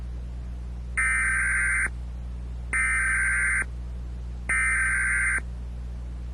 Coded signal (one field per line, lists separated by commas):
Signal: Emergency Alert System (SAME) tones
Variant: header bursts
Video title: Moonlighted Cable - Emergency Alert System Test - November 9, 2011